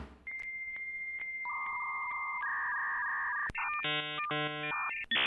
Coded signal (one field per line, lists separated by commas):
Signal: dial-up modem handshake